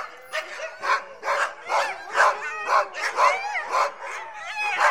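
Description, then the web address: Husky barking: several dogs give harsh, overlapping barks and yelps in rapid bursts about twice a second, some with rising, whiny tones. A pack of dogs barking together. "suono branco di cani che abbaia husky"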